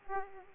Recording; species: mosquito wingbeat signal from an infrared sensor; Aedes aegypti